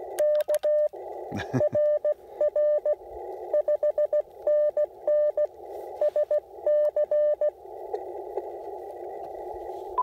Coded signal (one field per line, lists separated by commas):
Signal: Morse code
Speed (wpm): 16 wpm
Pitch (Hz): 600 Hz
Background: radio noise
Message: K RR 5NN SC